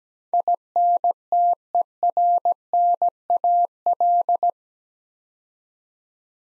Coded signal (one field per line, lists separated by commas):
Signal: Morse code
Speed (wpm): 17 wpm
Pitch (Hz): 700 Hz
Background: none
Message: INTERNAL